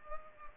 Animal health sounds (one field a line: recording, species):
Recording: mosquito wingbeat signal from an infrared sensor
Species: Culex pipiens